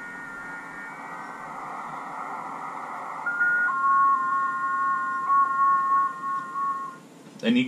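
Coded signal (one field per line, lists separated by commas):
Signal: FT8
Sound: several faint overlapping warbling tones in hiss, steady for several seconds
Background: radio static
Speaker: this is what ft8 sounds like then you get that for about 15 seconds it's the same thing as jt65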